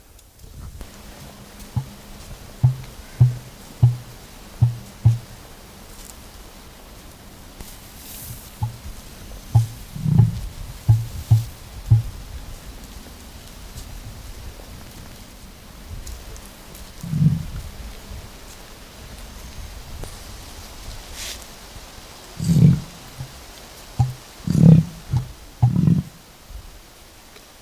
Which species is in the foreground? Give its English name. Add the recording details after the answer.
Emu. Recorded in captivity. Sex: pair. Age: adult. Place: Zoo Eberswalde, Brandenburg, DE. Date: 2000-09-06 16:40. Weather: heiter, 16 - 17°C. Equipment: Nagra SN, Kopie Uher 4000 Report Monitor. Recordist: Tembrock, Günter. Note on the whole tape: Paar: Weibchen "Knurren"; Männchen "Trommellaute" (Entfernung 1 - 2 m). Sehr gute Aufnahmequalität